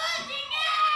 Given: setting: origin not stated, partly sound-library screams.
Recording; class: one-second piece from a danger detection set; woman in danger